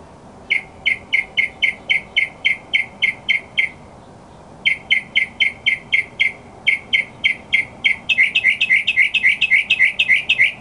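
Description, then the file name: Mockingbird song: runs of sharp repeated chirps, about three per second, in two bursts separated by a pause, ending in a faster, higher rattling series. Recording used as a master song for training other birds. "suara masteran mockingbird"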